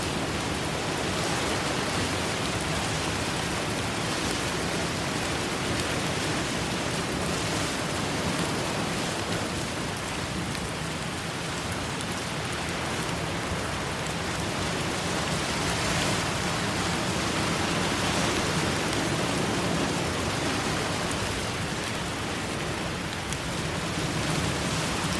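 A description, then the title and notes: Heavy rain pours down in a dense, unbroken hiss that fills everything from low rumble to bright top. The level holds steady for the whole stretch, with faint slow swells every few seconds that could be distant waves beneath the downpour. Rain & Storm Sounds With Ocean Waves Crashing.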